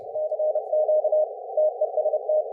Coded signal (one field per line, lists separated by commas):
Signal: Morse code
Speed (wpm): 30 wpm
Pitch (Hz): 590 Hz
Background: none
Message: CQ TEST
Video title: IARU HF World Championship + WRTC 2026 | Chasing MB Callsigns LIVE with AFØF